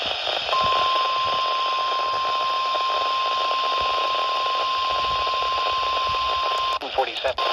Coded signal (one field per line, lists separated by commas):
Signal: Emergency Alert System (SAME) tones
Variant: 1050 Hz attention tone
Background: speech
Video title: 7/26/23 - KHB38 & WXJ94 Required Weekly Tests (EAS #829 & EAS #830)